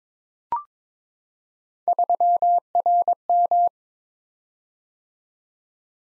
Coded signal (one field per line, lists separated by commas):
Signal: Morse code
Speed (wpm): 22 wpm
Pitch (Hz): 700 Hz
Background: none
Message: 3RM